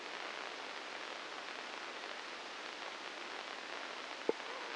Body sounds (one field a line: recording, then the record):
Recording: brain microelectrode recording played as sound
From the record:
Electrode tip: inside the subthalamic nucleus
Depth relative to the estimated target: 0 mm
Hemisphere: right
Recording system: NeuroSet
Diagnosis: Parkinson's disease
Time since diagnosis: 9 years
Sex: female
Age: 51 years